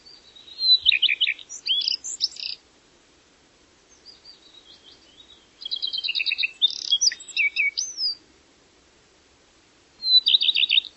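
Bird song of quick trilled runs, buzzy chattering and upslurred whistles, delivered in bursts with quiet gaps between, over a soft low background hum.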